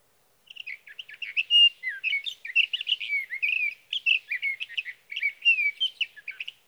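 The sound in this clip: Sage thrasher song, a long unbroken stream of varied warbles, slurred whistles and quick chattering notes lasting over six seconds.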